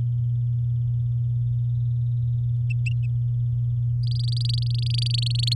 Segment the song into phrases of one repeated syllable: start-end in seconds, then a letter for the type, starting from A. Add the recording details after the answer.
4.03-5.54 A. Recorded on 10 May 2018 at 15:54. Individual llb16